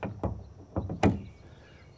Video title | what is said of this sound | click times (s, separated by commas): BRUTALLY Honest Review of the UnderCover Ultra Flex Tonneau Cover (w/30 Sec. Install) | snaps right in in that position there | 1.0 s